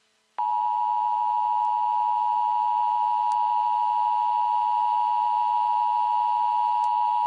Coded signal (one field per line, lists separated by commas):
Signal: Emergency Alert System (SAME) tones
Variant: 853 and 960 Hz attention tone